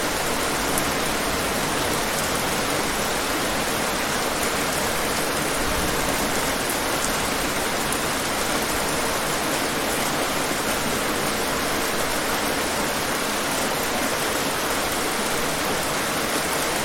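Heavy rain pours in a dense, unbroken hiss that stays steady and bright throughout, with faint scattered taps and no other sounds.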